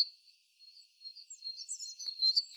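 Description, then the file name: Great tit thin high call notes, soft and scattered at first, growing into louder quick chirps toward the end. "Parus major"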